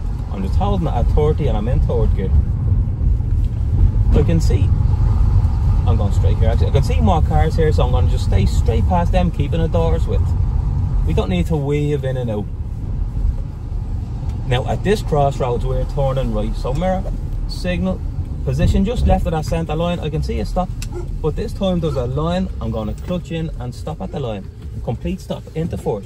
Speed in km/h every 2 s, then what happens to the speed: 29, 30, 28, 26, 25, 26, 28, 31, 29, 21, 17, 4, 0.
0-16 steady at about 28. 16-23 brakes to 0. 23-26 standing.